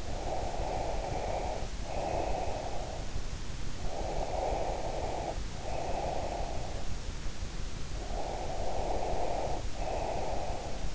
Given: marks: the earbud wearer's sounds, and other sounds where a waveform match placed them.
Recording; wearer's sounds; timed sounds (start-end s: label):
sounds in sleep by an in-ear microphone; breath
0.00-3.18 s: breath
3.83-7.01 s: breath
7.99-10.94 s: breath